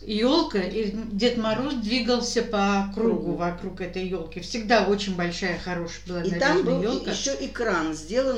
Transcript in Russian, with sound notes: eлка и Дед Мороз двигался по кругу. [хором] Вокруг этой елки, всегда очень большая, хорошая была.
И там был еще экран сделан.